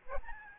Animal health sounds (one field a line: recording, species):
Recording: mosquito wingbeat signal from an infrared sensor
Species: Aedes albopictus